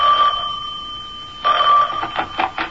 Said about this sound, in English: I was barely settled into my mother's house when the phone rang.